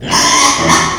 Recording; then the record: squeal of a Yucatan mini pig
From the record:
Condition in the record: before surgery on the right vocal fold (resection and tissue-engineered implant); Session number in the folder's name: 2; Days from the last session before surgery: 0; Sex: male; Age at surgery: 12 weeks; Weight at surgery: 13 kg